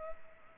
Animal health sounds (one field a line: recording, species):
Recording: mosquito wingbeat signal from an infrared sensor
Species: Culex pipiens